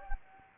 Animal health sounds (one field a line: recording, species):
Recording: mosquito wingbeat signal from an infrared sensor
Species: Anopheles gambiae